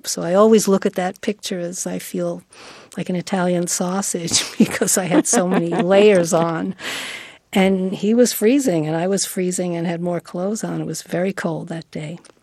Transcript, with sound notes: So I always look at that picture as I feel like an Italian sausage because I had...
(Laughter).
...So many layers on. And he was freezing, and I was freezing and had more clothes on. It was very cold that day.